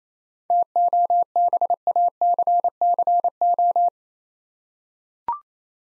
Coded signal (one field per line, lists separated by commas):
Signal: Morse code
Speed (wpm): 28 wpm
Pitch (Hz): 700 Hz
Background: none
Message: TOBACCO